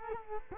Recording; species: mosquito wingbeat signal from an infrared sensor; Culex quinquefasciatus